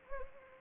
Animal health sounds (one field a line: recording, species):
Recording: mosquito wingbeat signal from an infrared sensor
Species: Anopheles arabiensis